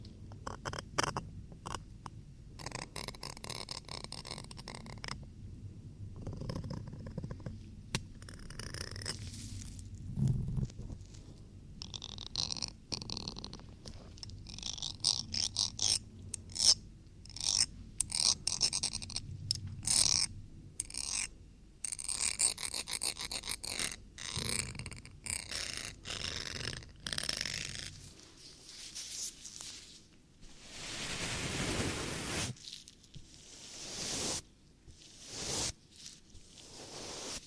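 ASMR ear cleaning: dense, scratchy crackles and rubbing in quick, irregular bursts, broken by brief silent gaps. A low, purring rumble sits underneath through the first twenty seconds, and a longer soft rushing hiss swells around the thirty-second mark.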